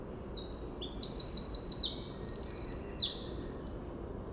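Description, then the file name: Eurasian wren song: a rapid, high, tumbling run of sharp notes and fast trills lasting about three seconds, very bright and energetic, over faint low background hiss. "Troglodytes troglodytes"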